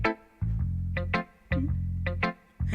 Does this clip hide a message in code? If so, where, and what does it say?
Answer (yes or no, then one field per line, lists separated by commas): no